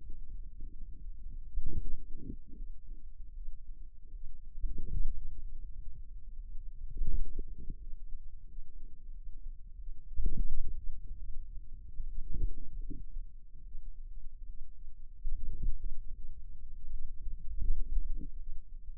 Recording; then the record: forearm muscle sounds (acoustic myography)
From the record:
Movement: wrist flexion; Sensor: system 2, bracelet of six BSWA MPA416 microphones around the upper forearm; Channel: 5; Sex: female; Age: 23 years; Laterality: right